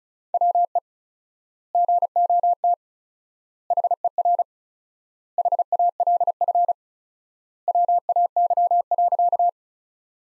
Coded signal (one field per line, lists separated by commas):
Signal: Morse code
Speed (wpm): 36 wpm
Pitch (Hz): 700 Hz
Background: none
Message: WE GOT HER HALF WAY.